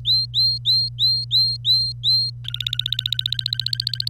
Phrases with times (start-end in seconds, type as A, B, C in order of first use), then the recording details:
0.05-2.30 A, 2.44-4.09 B. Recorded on 25 April 2018 at 09:11. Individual llb3